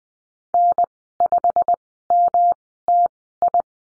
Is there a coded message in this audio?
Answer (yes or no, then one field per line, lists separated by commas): yes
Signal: Morse code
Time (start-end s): 0.5-3.6 s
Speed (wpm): 20 wpm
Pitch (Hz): 700 Hz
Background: none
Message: N5MTI